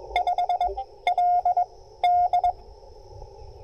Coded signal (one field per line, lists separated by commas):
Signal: Morse code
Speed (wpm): 21 wpm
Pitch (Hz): 710 Hz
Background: none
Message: 5 L D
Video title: #POTA Spring 2024 Support Your Parks CW Activation and CaHRtenna Poseidon review